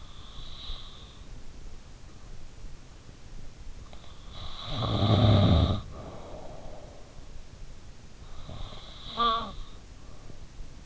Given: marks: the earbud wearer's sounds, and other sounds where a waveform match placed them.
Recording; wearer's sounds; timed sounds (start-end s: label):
sounds in sleep by an in-ear microphone; breath, teeth grinding, snoring breath
0.00-1.54 s: breath
3.90-4.23 s: teeth grinding
4.37-7.52 s: snoring breath
8.41-10.86 s: snoring breath